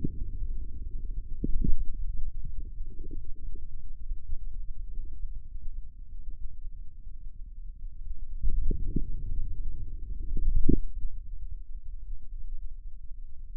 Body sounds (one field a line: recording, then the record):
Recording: forearm muscle sounds (acoustic myography)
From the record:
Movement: outward rotation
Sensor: system 2, bracelet of six BSWA MPA416 microphones around the upper forearm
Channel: 3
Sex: male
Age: 22 years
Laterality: right